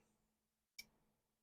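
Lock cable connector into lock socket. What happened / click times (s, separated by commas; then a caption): The cable connector clicked into its socket / 0.8 s. The white end of a lock cable connector is pushed into its socket on an S&G A-Series Armored Carrier Lock 6128-29 ATM safe lock, with a faint steady low hum in the background. A single sharp, bright click sounds at 0.8 s as the connector seats.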